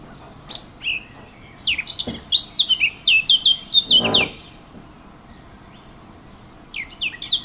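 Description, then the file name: Warbler singing a few high notes, then a quick, varied warbling phrase that runs for over two seconds, then a pause before a brief resumed snatch. Recorded 15 June 2014 with an MZ-N710 recorder. "MZ-N 710 Fauvette 15 06 14"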